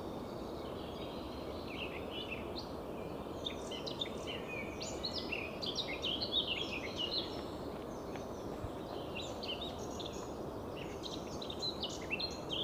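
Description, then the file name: Eurasian blackcap song: a long, fairly even stream of quick chirping and warbling notes, somewhat subdued, with a constant background hiss. "Sylvia atricapilla"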